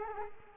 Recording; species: mosquito wingbeat signal from an infrared sensor; Culex quinquefasciatus